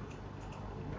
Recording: background sound without coughing